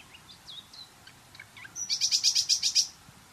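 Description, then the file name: Common nightingale song: soft whistled notes followed by a fast run of repeated high pulses. "Luscinia megarhynchos"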